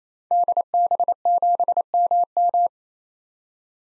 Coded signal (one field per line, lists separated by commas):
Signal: Morse code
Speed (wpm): 27 wpm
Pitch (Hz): 700 Hz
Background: none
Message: DB7MM